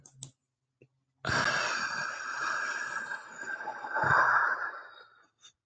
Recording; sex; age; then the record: vowel held as long as possible; male; 20 to 29 years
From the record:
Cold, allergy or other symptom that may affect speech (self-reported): no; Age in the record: 29 years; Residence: Florida, United States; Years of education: 18